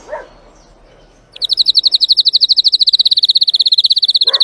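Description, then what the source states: Canary (Spanish Timbrado): canary song: a long, loud, rapid rolling trill lasting about three seconds, with faint low thuds before and after. Song of a Spanish Timbrado canary, called 'canário belga' in the Portuguese source.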